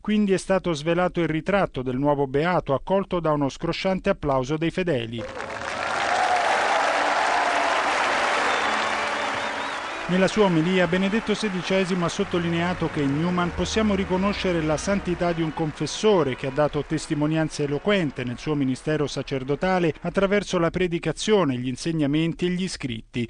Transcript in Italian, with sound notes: Quindi, è stato svelato il ritratto del nuovo Beato, accolto da uno scrosciante applauso dei fedeli:
(Applausi)
Nella sua omelia, Benedetto XVI ha sottolineato che in Newman possiamo riconoscere “la santità di un confessore” che ha dato “testimonianza eloquente” nel suo ministero sacerdotale attraverso la predicazione, gli insegnamenti e gli scritti.